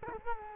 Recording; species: mosquito wingbeat signal from an infrared sensor; Culex quinquefasciatus